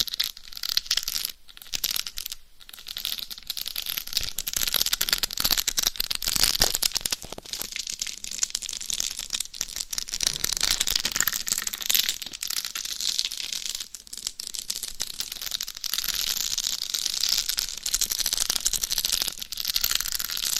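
Binaural mic scratching and tapping fill the recording: dense, bright rustling friction that runs almost without pause, with sharper crackly bursts around 1.5, 2.5 and 6.5 seconds. The texture shifts slightly as strokes change but stays busy and hissy throughout.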